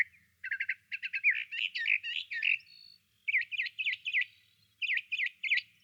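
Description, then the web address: Desert mockingbird song: quick series of repeated chirps building into rolling warbled notes, then a pause and a run of evenly repeated swooping syllables. "desert mockingbird solo"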